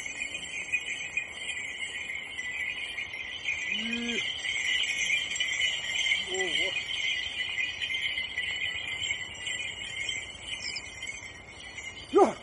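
A steady, bright chorus of crickets and insects fills the whole field recording. A man's voice briefly hums or calls out around four seconds and again near six, and a sharp, rising vocal sound comes right at the end.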